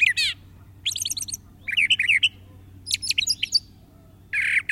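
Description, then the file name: Brown thrasher singing varied separate phrases, rapid chattering notes and slurred whistles, each phrase repeated in short bursts with brief pauses, over faint low hum. "suara-kicauan-brown-trasher omkicau"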